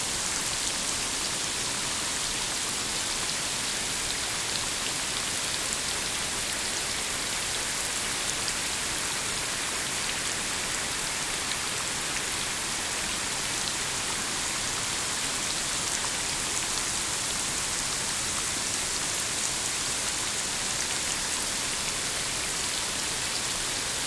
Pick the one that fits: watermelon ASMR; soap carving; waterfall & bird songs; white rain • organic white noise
white rain • organic white noise